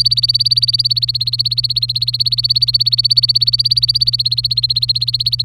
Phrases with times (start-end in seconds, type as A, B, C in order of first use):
0.00-5.45 A